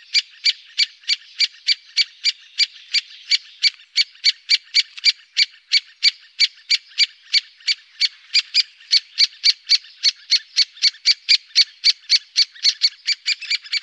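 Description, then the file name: Great spotted woodpecker calling a long, steady series of sharp, high kik notes, nearly four each second, unbroken for the whole stretch. "Storre hackspett"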